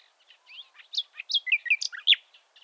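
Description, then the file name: Common nightingale song phrase of varied whistled notes, some rising and some dropping, loudest near the end, against a quiet background. "Luscinia megarhynchos"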